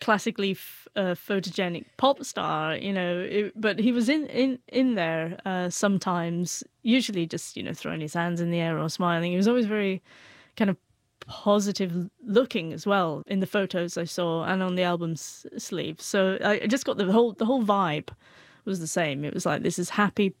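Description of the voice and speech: Conversational speech from an adult woman who has stuttered since childhood, with a mild stutter that is not very prevalent: a triple word repetition and a block with a stretched p sound.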